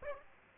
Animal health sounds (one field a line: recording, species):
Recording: mosquito wingbeat signal from an infrared sensor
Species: Aedes aegypti